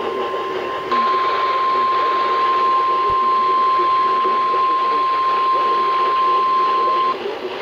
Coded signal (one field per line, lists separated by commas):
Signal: Emergency Alert System (SAME) tones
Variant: 1050 Hz attention tone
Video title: NWR Required Weekly Tests (8/31/16)